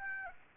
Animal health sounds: mosquito wingbeat signal from an infrared sensor; Aedes aegypti

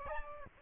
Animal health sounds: mosquito wingbeat signal from an infrared sensor; Aedes albopictus

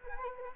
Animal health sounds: mosquito wingbeat signal from an infrared sensor; Anopheles arabiensis

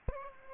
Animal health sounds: mosquito wingbeat signal from an infrared sensor; Aedes aegypti

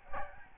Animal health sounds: mosquito wingbeat signal from an infrared sensor; Aedes albopictus

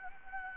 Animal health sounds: mosquito wingbeat signal from an infrared sensor; Anopheles gambiae

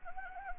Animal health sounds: mosquito wingbeat signal from an infrared sensor; Anopheles arabiensis

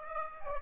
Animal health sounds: mosquito wingbeat signal from an infrared sensor; Aedes aegypti

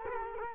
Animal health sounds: mosquito wingbeat signal from an infrared sensor; Culex quinquefasciatus

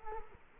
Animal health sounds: mosquito wingbeat signal from an infrared sensor; Culex quinquefasciatus

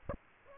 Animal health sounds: mosquito wingbeat signal from an infrared sensor; Aedes aegypti

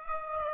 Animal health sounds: mosquito wingbeat signal from an infrared sensor; Aedes aegypti

